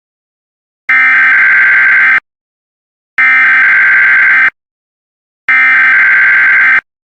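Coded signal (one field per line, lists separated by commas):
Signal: Emergency Alert System (SAME) tones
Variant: header bursts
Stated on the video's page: Simulated alert scenario made in CapCut.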